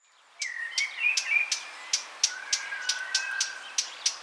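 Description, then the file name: Eurasian blackcap giving hard, dry tacking clicks, several per second, with a thin, drawn-out whistled note beneath them. "Sylvia atricapilla"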